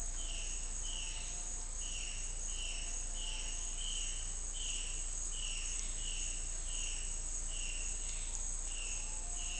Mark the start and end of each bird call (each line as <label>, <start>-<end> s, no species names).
bird call, 0.00-1.29 s